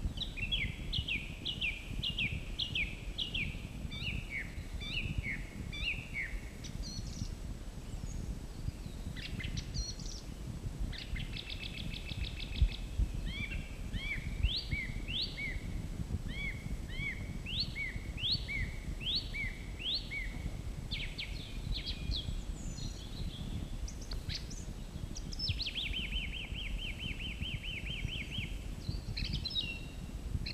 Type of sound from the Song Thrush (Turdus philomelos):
song